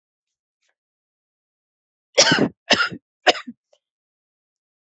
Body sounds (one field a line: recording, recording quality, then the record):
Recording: heavy voluntary cough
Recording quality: excellent, no background noise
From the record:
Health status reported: healthy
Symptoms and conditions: none ticked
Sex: female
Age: 23 years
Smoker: not ticked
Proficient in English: yes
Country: India